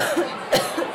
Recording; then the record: coughing mixed with background sound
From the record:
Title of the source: Coughing Woman Sound - Woman Cough Sound Effect